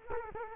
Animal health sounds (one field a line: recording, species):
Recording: mosquito wingbeat signal from an infrared sensor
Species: Culex quinquefasciatus